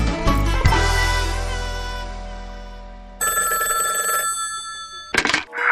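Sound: telephone bell ringing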